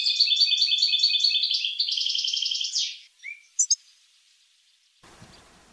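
Finch song: a fast, evenly repeated high trill lasting about three seconds, followed by a few sharp chirps, then near silence with faint hiss.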